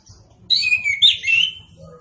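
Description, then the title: Orange-headed thrush song: a sustained phrase of rolling, wavering whistles with a squeaky peak midway. Indonesian name anis kembang, also called punglor kembang; bird described as gacor and ngeplong. "Anis Kembang Gacor. Anis Kembang Punglor Kembang Ngeplong"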